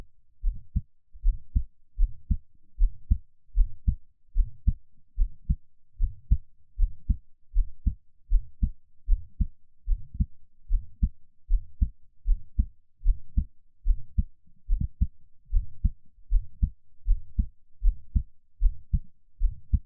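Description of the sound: Steady paired low thumps at about 76 beats a minute: an adult's own regular heartbeat heard up close, with no talking.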